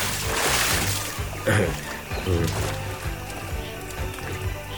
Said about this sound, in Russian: В воздухе раздался свист, и черное тело, явно промахнувшись, обрушилось в воду.